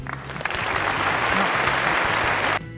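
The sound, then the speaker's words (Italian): A dense, steady burst of applause, many hands clapping at an even loudness for a couple of seconds before being cut off abruptly, like a canned sound effect. “Che sta applauso dura troppo.”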